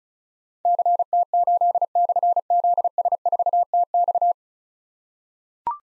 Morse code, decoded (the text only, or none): CT8/ZS4TX